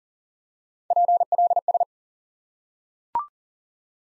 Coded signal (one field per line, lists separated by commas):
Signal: Morse code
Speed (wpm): 40 wpm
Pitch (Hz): 700 Hz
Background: none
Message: PLS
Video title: Course 3 - Lesson 52 - QRQ - Single Element